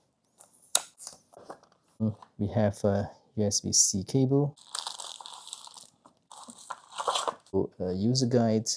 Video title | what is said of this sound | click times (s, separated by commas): Unbox & Review Remax P80 Selfie Stick Mini Tripod #remax #tripod #shopeeytdeals | There's only one click below to open this. | 0.8 s